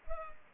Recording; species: mosquito wingbeat signal from an infrared sensor; Culex pipiens